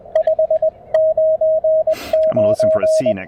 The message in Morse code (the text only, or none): 599